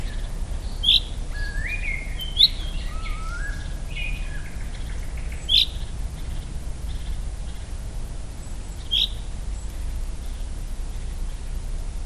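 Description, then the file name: Common chaffinch giving short, sharp high chips, about four spread over twelve seconds, with a few lower slurred notes between and a steady low rumble of background noise. "Fringilla coelebs"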